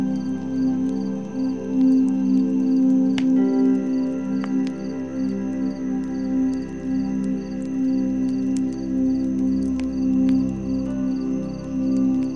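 A fire crackles and pops, with sharp snaps scattered throughout, the loudest near three and a half and eight and a half seconds. Underneath, soft sustained music holds low warm tones, and a faint, pulsing high chirping of crickets runs steadily in the distance.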